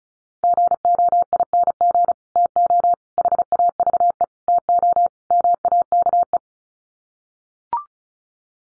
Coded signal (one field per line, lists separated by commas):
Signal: Morse code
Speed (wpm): 34 wpm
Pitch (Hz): 700 Hz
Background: none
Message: GOING TO HAVE TO MAKE